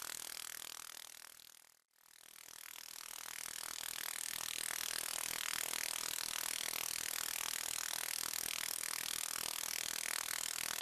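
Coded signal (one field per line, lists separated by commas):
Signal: radar signal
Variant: 29B6 Container OTH radar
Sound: harsh rapid buzzing of fast repeating wideband pulses, briefly fading out then returning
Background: radio static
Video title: Russian 29B6 Container radar in ham 15 meter band, 21311 kHz, 04 November, 2024, 1500 UTC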